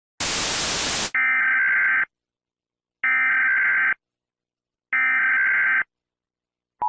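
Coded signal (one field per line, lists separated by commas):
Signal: Emergency Alert System (SAME) tones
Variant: header bursts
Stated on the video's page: Fictional simulated EAS scenario.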